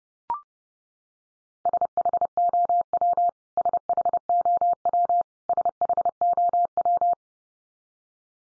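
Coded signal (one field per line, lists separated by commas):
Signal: Morse code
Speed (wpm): 30 wpm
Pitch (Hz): 700 Hz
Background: none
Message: SHOW SHOW SHOW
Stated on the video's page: Morse drill of the 500 most common English words at 30 wpm, each word sent three times, spoken, then sent again, for head-copy practice.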